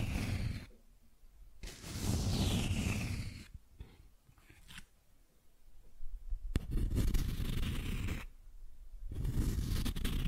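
Cardboard is scratched and rubbed in several rough bursts, each lasting about a second or two, with short quiet gaps between them. The strokes are gritty and full, some with a brighter rasp, and a sharp tearing crack comes near the seven-second mark.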